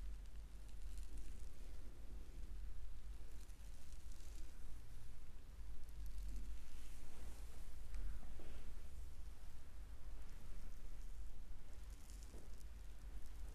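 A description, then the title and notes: Face, head and scalp massage: dense, crackly rubbing and scratching with a constant low rumble, steady except brief lulls around three and five seconds. ASMR relaxing face, head and scalp massage.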